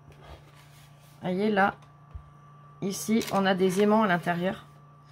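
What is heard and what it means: Someone talks while handling the detachable part of a UV resin lamp, which holds on with magnets inside, and brings it back toward the lamp body over a steady low hum. The part has not snapped back on yet; nothing has seated or clicked.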